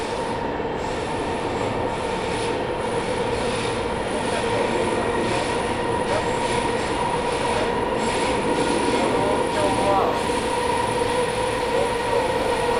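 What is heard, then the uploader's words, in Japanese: A subway train runs between stations, with a steady loud rumble of wheels on track filling the whole clip. Thin whining tones from the motors hold across it, and a faint rhythmic clatter comes through beneath the dense, constant roar. 東京メトロ 飯田橋→西船橋。津田沼行きの快速に乗車していますので、車両はＪＲの車両です。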